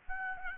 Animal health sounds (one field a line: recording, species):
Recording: mosquito wingbeat signal from an infrared sensor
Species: Aedes albopictus